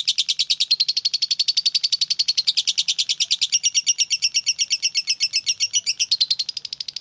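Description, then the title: Oriental magpie-robin song: an unbroken, fast trill of high chirping notes lasting several seconds, fading off at the close. "Kicau Kacer"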